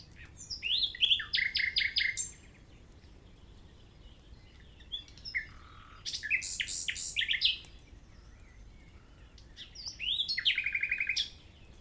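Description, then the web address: Common nightingale song, three separate phrases of rapid repeated notes and sharp whistles, each about a second and a half long, with quiet pauses between. "SETE data Luscinia megarhynchos"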